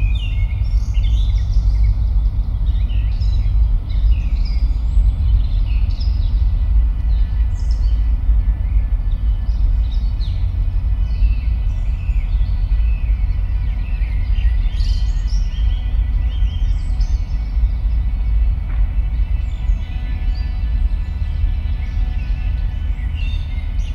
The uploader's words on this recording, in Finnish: Helsingin reitit - Keskusmetsä. Kenttä-äänittämiselle korona-aika tarjosi lentomeluttoman ympäristön. Binauraalisilla tekniikoilla äänitetty Keskusmetsä-teos.